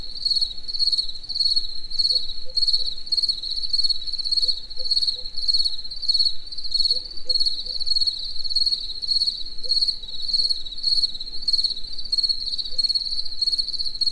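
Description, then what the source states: Cricket chirps ring out at a high pitch in a steady, even series of pulsed bursts, with faint short notes lower down. Cricket in nature in the evening near the Eger tourist house.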